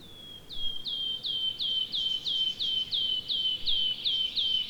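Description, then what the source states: Wood warbler giving a steady series of about twelve sweet, falling piping notes, evenly spaced. Recorded 25 May 2020.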